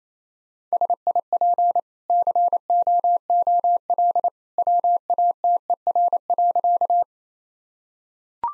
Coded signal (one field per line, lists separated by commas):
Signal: Morse code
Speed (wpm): 28 wpm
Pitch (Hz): 700 Hz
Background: none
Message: SIP COOL WATER.